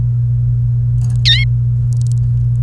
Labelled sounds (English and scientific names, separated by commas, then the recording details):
Domestic Canary (Serinus canaria) song
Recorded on 28 April 2018 at 09:56
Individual llb3